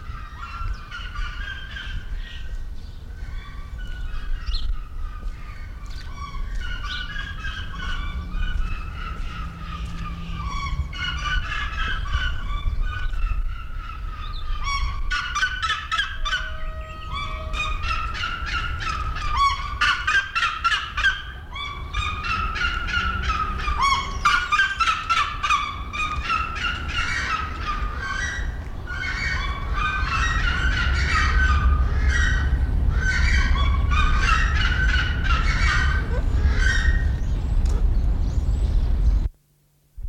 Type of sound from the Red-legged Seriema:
call